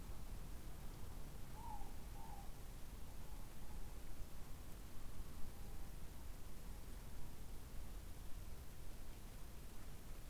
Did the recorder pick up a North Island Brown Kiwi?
no